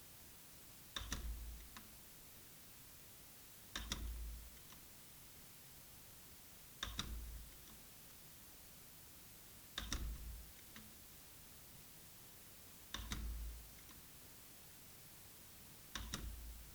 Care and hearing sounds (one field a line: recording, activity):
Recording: daily activity, guitar pickup as the sensor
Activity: manipulate door